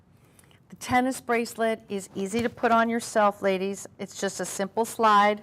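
A tennis bracelet clasp is handled, its two halves slid together by hand, while a woman talks over a few faint small ticks near 0.4–0.5 s. The clip ends before the clasp goes home, so nothing has seated or clicked yet.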